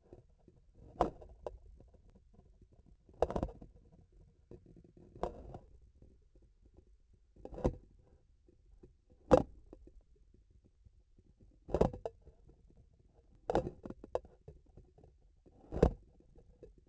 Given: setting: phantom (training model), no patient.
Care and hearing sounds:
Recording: laparoscopic instrument, vibration sensor on the handle end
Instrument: grasping forceps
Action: opening and closing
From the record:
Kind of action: tool actuation without material contact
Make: Olympus

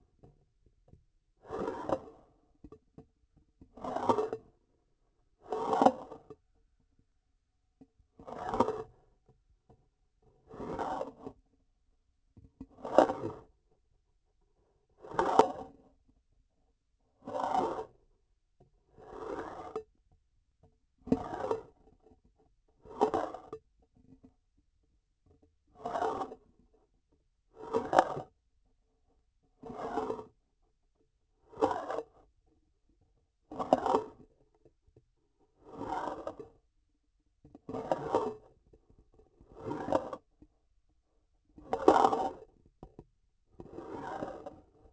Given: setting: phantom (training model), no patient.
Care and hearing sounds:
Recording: laparoscopic instrument, vibration sensor on the handle end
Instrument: grasping forceps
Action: approaching and retracting movements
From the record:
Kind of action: spatial motion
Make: Olympus

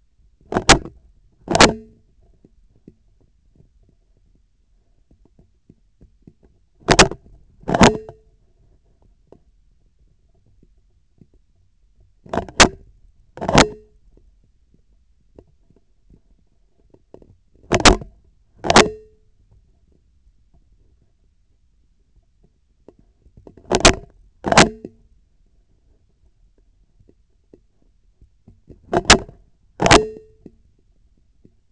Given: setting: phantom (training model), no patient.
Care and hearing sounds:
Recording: laparoscopic instrument, vibration sensor on the handle end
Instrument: scissors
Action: opening and closing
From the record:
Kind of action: tool actuation without material contact

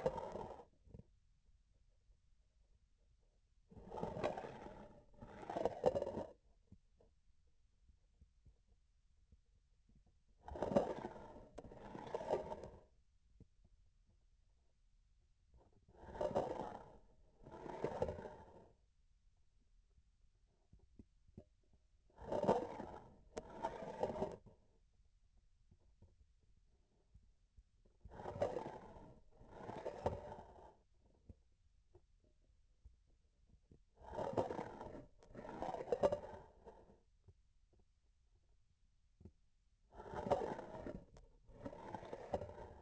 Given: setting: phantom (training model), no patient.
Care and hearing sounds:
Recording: laparoscopic instrument, vibration sensor on the handle end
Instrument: grasping forceps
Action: approaching and retracting movements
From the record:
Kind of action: spatial motion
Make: other than Olympus

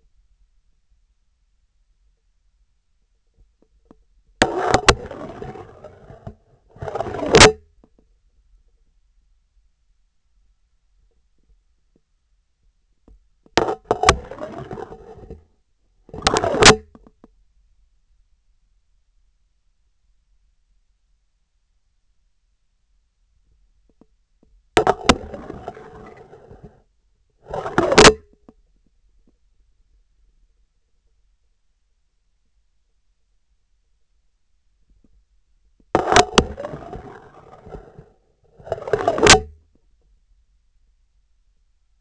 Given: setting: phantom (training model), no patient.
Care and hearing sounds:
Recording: laparoscopic instrument, vibration sensor on the handle end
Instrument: scissors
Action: insertion and removal through the trocar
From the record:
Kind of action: spatial motion

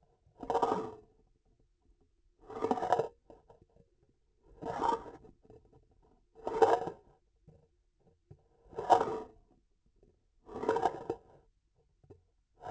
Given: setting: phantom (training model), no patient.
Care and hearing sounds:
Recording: laparoscopic instrument, vibration sensor on the handle end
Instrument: grasping forceps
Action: approaching and retracting movements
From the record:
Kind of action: spatial motion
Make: Olympus

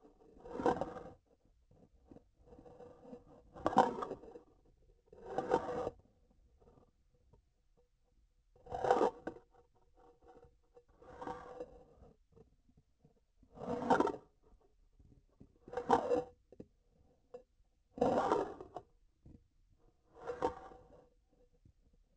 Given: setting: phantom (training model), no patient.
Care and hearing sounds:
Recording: laparoscopic instrument, vibration sensor on the handle end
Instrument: grasping forceps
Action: approaching and retracting movements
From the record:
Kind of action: spatial motion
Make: Olympus

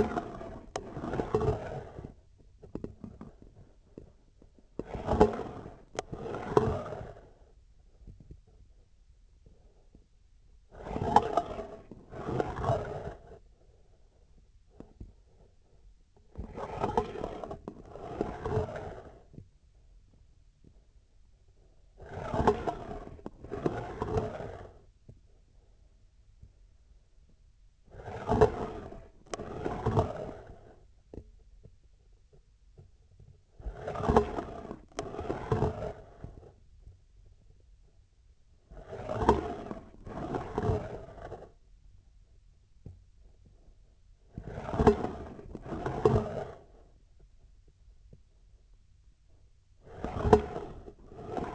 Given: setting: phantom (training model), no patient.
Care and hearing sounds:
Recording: laparoscopic instrument, vibration sensor on the handle end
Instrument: scissors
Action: approaching and retracting movements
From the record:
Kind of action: spatial motion

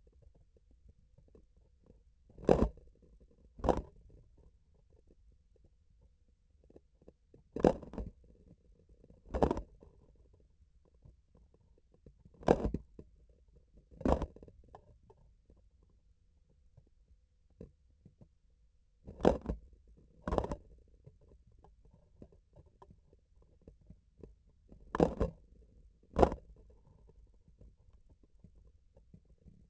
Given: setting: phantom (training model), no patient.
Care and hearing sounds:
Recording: laparoscopic instrument, vibration sensor on the handle end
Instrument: grasping forceps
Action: opening and closing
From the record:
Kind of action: tool actuation without material contact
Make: other than Olympus

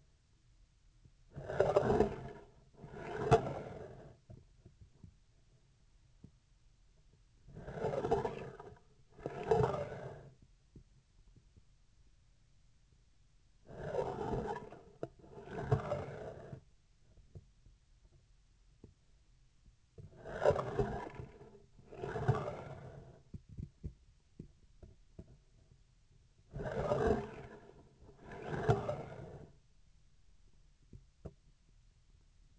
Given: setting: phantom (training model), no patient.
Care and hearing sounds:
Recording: laparoscopic instrument, vibration sensor on the handle end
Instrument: scissors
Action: approaching and retracting movements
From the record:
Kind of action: spatial motion

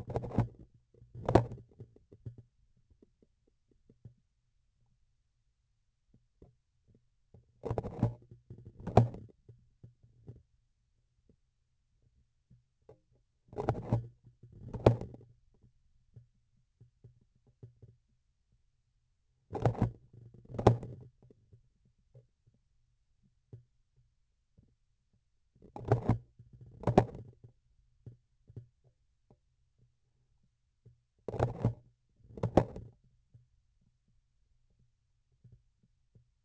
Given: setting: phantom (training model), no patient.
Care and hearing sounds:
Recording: laparoscopic instrument, vibration sensor on the handle end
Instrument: grasping forceps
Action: opening and closing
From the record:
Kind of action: tool actuation without material contact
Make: other than Olympus

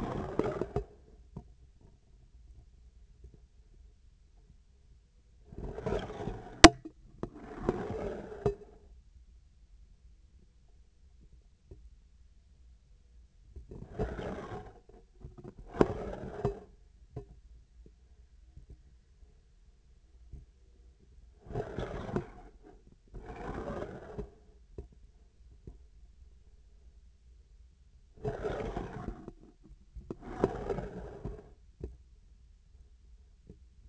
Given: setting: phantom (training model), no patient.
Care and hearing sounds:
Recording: laparoscopic instrument, vibration sensor on the handle end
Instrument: scissors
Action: approaching and retracting movements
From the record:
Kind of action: spatial motion

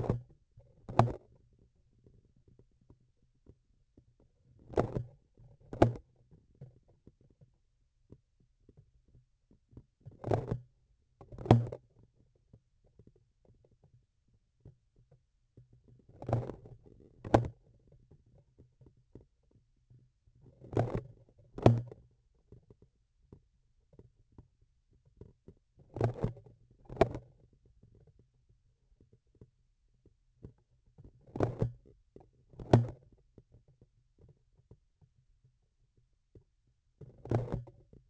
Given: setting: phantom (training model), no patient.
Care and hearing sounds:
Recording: laparoscopic instrument, vibration sensor on the handle end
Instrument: grasping forceps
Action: opening and closing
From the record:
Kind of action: tool actuation without material contact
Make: other than Olympus

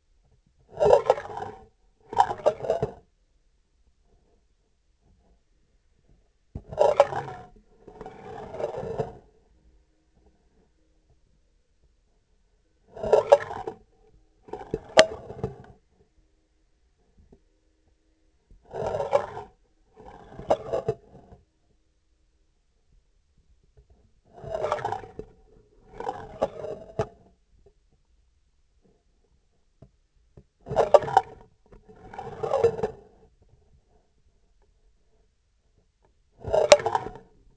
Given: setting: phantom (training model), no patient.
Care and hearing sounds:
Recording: laparoscopic instrument, vibration sensor on the handle end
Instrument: scissors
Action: approaching and retracting movements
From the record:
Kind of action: spatial motion

